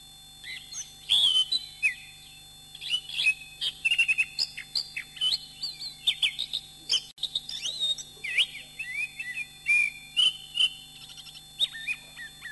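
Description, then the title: Oriental magpie-robin song of varied whistles and short trills in bursts, with brief quieter gaps between phrases; a low steady hum persists throughout. "Kicau Kacer"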